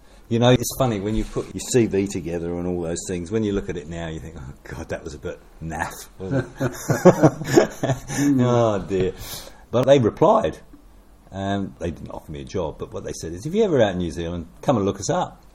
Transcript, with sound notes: you know it’s funny, when you put your CV together and all those things – when you look at it now you think, ‘Oh God, that was a bit naff!’ [Chuckles] Oh dear! But they replied. And they didn’t offer me a job but what they said is, “If you’re ever out in New Zealand, come and look us up”;